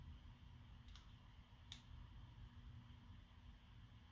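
A flat ribbon cable is pressed back into its board connector inside a PS5 controller during a stick drift repair. Over a steady low hum, a faint tick at 1.0 s comes before a sharp, bright click at 1.7 s as the cable pops into place and seats.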